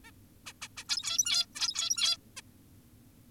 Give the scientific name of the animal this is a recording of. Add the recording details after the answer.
Taeniopygia guttata. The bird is an adult. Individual g17y2U